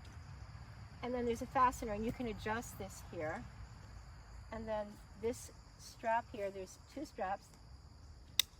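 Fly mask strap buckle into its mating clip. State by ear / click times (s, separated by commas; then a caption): seated / 8.4 s. A strap on a horse's fly mask is fastened by pushing its plastic snap buckle together into its mating clip under the jaw while someone talks over a steady high-pitched insect-like background hum. A single sharp snap at 8.4 s marks the buckle seating in place.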